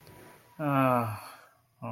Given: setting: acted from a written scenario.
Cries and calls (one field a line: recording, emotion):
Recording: vocal sound without words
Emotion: shame